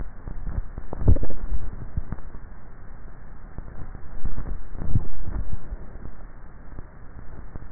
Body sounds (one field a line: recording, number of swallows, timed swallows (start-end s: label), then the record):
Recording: swallowing sounds by neck microphone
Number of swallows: 2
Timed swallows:
0.92-1.92 s: swallow
4.98-5.62 s: swallow
From the record:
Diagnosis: dysphagia